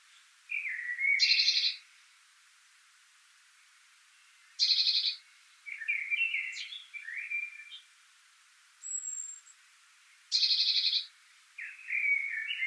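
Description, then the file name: Eurasian blue tit repeating loud rasping churr bursts every few seconds, with tumbling twittery notes and one thin high whistle in between. "Cyanistes caeruleus"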